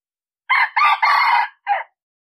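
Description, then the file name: Red junglefowl crow, one hoarse four-syllable phrase lasting about a second and a half, the long third syllable held before a short dropping final note. Male crowing. "Tieng Ga Trong Rung gay"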